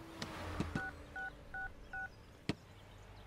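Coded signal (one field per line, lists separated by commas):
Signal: DTMF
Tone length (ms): 160 ms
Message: 6666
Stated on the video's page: DTMF tones in a Telugu film scene.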